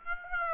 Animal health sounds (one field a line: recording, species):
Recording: mosquito wingbeat signal from an infrared sensor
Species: Aedes aegypti